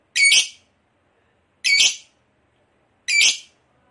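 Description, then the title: Lovebird uttering three loud, harsh squawks spaced about one and a half seconds apart. Long ngekek chatter, described as gacor (in full, frequent voice). "LOVEBIRD NGEKEK PANJANG GACOR BIKIN LATAH"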